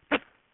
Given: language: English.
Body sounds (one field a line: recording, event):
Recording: throat vibration sensor signal played as sound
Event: cough